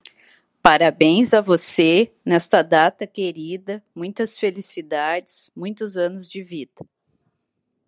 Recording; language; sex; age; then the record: short text; Brazilian Portuguese; female; 40 to 49 years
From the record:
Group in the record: control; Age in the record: 43 years